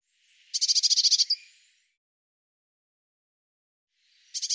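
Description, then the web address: Eurasian blue tit giving a rapid, buzzy churring call of about ten quick notes, then a pause of roughly three seconds before another churr begins; no other sounds. "cianscape birddata Deverinetal 2025 File cleaned normalized Bird Cy Ca"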